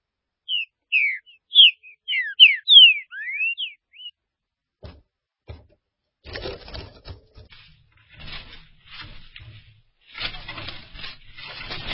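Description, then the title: Green-winged saltator song, a short phrase of loud varied whistled notes over about four seconds, followed by scraping and rustling noises. "Trinca Ferro"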